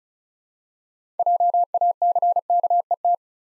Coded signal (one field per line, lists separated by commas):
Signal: Morse code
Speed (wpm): 36 wpm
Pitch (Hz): 700 Hz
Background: none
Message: JACKET